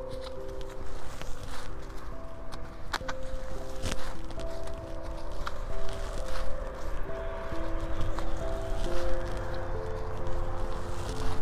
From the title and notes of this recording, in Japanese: サツマイモのツル苗を植えていきます。あらかじめ張っておいたマルチに棒で穴を開け、一本ずつ苗を置いたのち、土の中に挿していきます。